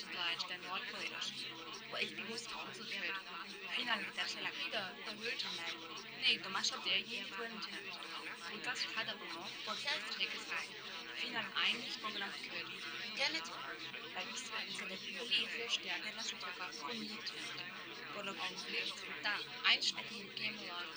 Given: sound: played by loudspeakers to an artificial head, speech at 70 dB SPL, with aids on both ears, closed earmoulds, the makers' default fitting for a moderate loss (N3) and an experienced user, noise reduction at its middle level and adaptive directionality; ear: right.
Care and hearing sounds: speech test signal (ISTS) in cocktail-party noise; -6 dB; on the right (90 degrees)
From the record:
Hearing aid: class 2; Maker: F

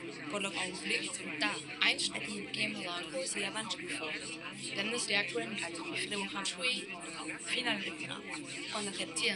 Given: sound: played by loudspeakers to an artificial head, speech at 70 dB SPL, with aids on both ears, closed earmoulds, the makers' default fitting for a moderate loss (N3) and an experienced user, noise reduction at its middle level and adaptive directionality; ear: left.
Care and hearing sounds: speech test signal (ISTS) in cocktail-party noise; -6 dB; in front (0 degrees)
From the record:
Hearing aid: class 2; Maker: C

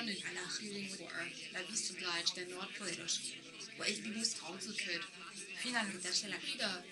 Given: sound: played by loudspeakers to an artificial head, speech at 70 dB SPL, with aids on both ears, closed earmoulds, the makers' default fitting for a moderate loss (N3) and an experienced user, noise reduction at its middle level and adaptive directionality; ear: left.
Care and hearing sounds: speech test signal (ISTS) in cocktail-party noise; +6 dB; on the right (90 degrees)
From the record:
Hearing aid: class 1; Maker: H

